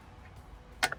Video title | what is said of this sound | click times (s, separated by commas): Changing Brake Pads on Scania Truck | I'm going to do two clicks. I've always done two. | 0.9 s